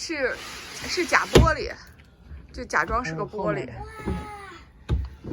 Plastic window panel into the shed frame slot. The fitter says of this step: 哎，下边好像缝儿没插到底。